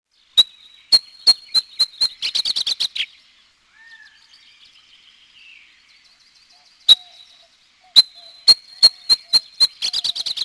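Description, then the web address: Abert's Towhee calling twice: each bout is sharp high notes quickening into a fast, squealy chatter, the two bouts separated by several seconds of faint background twitter. "Peterson North American Birds. abto"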